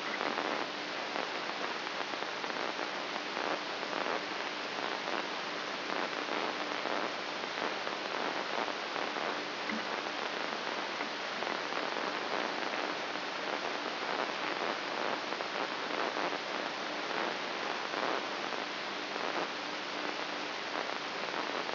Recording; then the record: brain microelectrode recording played as sound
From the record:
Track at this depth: outside the subthalamic nucleus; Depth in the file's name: 1.938 mm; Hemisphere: left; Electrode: 3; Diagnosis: Parkinson's disease